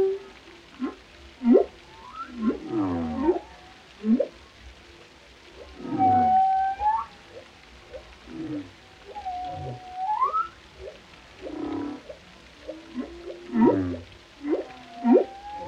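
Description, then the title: Whale song of scattered short pulses and grunts mixed with rising whoops and a few drawn tonal notes, irregular in rhythm. Compilation of whale vocalizations including moans, calls and melodies, presented for relaxation. "Soothing Symphony of the Deep: Captivating Whale Sounds for Relaxation"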